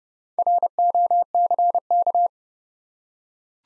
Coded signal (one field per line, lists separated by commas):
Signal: Morse code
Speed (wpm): 30 wpm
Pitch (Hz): 700 Hz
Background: none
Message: ROCK